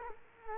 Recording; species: mosquito wingbeat signal from an infrared sensor; Culex quinquefasciatus